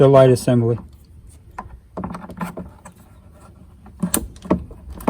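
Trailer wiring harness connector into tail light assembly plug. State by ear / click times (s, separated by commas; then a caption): seated / 4.1 s. Someone talks, then the plug end of a trailer wiring harness is pushed into the van's tail light assembly connector with soft plastic rustling and tapping. The plastic connector latches with a sharp click at 4.1 s, and the plug is seated.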